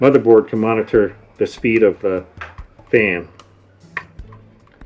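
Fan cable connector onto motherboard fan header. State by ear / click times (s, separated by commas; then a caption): seated / 4.0 s. Someone talks while a keyed plastic 3-pin fan connector, carrying ground, power and a feedback line so the motherboard can monitor the fan speed, is pushed onto the motherboard fan header of an ASRock DeskMeet PC. At 4.0 s a sharp click sounds as the connector pops into place on the header, followed by a few faint small ticks.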